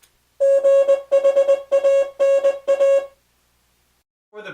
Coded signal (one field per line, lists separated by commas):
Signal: Morse code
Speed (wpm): 20 wpm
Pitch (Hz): 550 Hz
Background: speech, music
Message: GHANA